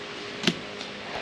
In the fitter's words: over the arm of your wiper and putting on until you hear that click so